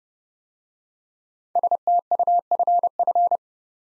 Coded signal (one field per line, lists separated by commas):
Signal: Morse code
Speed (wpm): 30 wpm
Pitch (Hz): 700 Hz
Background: none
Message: STUFF